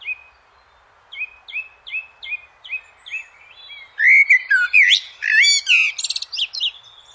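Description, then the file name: Eurasian blackbird song: a run of short evenly spaced clear notes, then a louder warbled phrase that breaks into high scratchy twittering. "blackbird"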